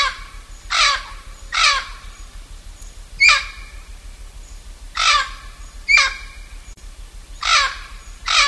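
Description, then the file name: Blue-fronted amazon uttering several single harsh, descending squawks spaced irregularly one to two seconds apart, with a faint low hum throughout. "blue fronted parrot"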